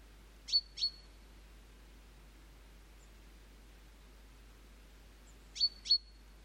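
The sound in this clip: Great tit giving two pairs of quick, piercing high calls, separated by several seconds of faint background hiss.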